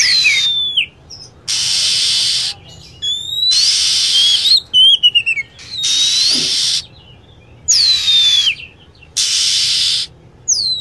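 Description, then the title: Lovebird calls: thin whistled notes sliding downward and short chirps, separated by loud bursts of dense, hissing chatter that begin and end sharply. Lure sound used to attract lovebirds. "PIKAT BURUNG LOVEBIRD"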